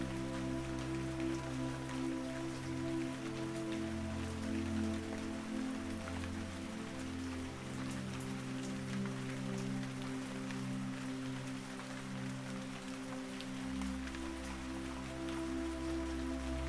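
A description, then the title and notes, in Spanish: Soft raindrops patter steadily on leaves while calm sustained music holds low tones underneath, shifting slowly with gentle swells throughout. El suave sonido de las gotas de agua cayendo delicadamente sobre las hojas, acompañadas de música relajante. Sonido de Gotas de LLUVIA sobre las Hojas y MÚSICA Relajante.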